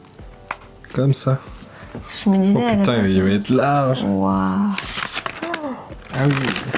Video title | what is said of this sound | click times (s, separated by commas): On attaque le MONTAGE de FLORIZARRE, et on le FINIT ! | Ça va se clipser. | 0.5 s